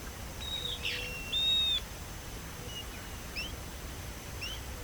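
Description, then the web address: Bird calls: a clear whistled note near the start, then a louder level whistle around 1.5 seconds, followed by faint short rising chirps over steady background hiss. "BIRD 2015 SABIOD 50 bird 2015"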